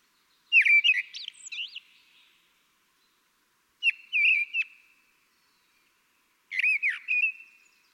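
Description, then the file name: Common blackbird song in three brief phrases of whistled and higher squeaky notes, separated by pauses of over a second. "Turdus merula"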